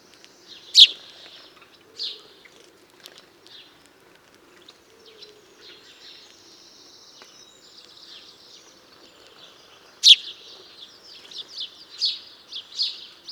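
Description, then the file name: House sparrow chirps, a few sharp notes early, a long quiet gap, then a run of chirps toward the end. "Passer domesticus"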